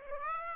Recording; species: mosquito wingbeat signal from an infrared sensor; Aedes aegypti